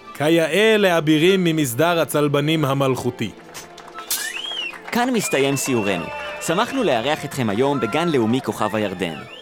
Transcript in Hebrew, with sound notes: כיאה לאבירים ממסדר הצלבנים המלכותי.
[מחיאות כפיים, קיו מוזיקלי] כאן מסתיים סיורנו. שמחנו לארח אתכם היום בגן לאומי כוכב הירדן.